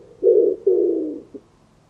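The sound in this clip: Bird giving two low coos, the second longer and falling, ending with a tiny clipped note.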